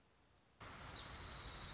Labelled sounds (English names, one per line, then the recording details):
Dark-eyed Junco
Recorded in Sonoma County, California